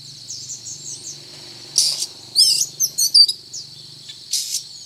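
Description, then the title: Oriental magpie-robin giving a few loud, scratchy bursts and slurred whistled notes between quieter stretches, with a steady high whine and a faint low hum underneath. Song described as 'gacor', meaning vigorous, frequent singing. "Kacer Gacor"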